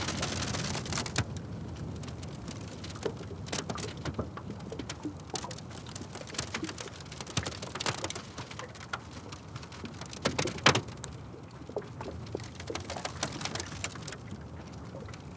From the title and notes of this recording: Recorded on a cold and windy late autumn day at the edge of Medicine Lake in Modoc National Forest, Siskiyou County, California. Shards of ice that looked like broken plate glass were piled up along the shore. I made this recording using the wind protection I recently made for my Wildtronics SAAM microphone. The mic was directly in the path of the strong and gusty wind. Blustery Autumn Afternoon Beside Frozen Medicine Lake.